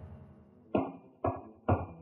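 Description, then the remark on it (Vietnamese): Three firm knocks on a bedroom door, evenly spaced about half a second apart, each a sharp thud with a low, hollow body, heard on their own against a quiet background. “Có tiếng gõ cửa phòng.”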